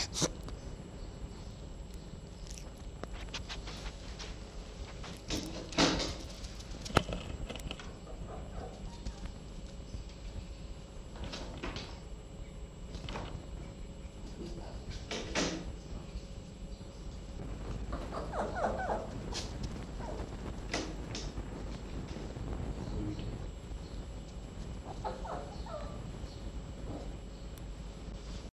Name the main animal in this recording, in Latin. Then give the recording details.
Vulpes vulpes. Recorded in captivity. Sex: male. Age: juvenile. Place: Zoologisches Institut der HUB, Berlin, DE. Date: 1956-06-03 12:30. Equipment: Elmetra. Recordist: Tembrock, Günter